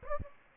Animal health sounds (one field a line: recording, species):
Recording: mosquito wingbeat signal from an infrared sensor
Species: Aedes aegypti